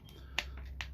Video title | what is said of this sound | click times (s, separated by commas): Fanhome build the Ironman mk.3 part 71-74 plus premium base 8 | but that's in place now what it was was this side which wasn't pushed right down at the top and then that sort of popped into place | 0.4 s, 0.8 s